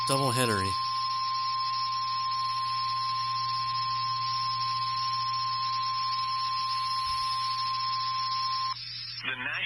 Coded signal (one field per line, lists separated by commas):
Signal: Emergency Alert System (SAME) tones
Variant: 1050 Hz attention tone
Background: speech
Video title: Eas 2 svrs on WXK23 stream hgx miracle Eas#894- 895)